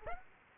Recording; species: mosquito wingbeat signal from an infrared sensor; Aedes aegypti